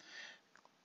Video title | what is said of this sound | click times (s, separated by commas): Chuck's Reviews Transformers Robots In Disguise One Step Wave 2 | push the arms down. You'll have have an audible click. | 0.6 s